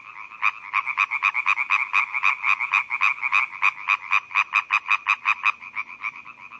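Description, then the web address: European tree frog call: loud, evenly spaced rasping notes, about four per second, easing slightly near the end. "Laubfrosch"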